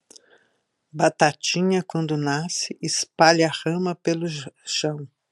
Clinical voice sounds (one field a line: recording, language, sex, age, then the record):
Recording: short text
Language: Brazilian Portuguese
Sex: female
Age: 60 to 69 years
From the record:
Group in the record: control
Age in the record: 68 years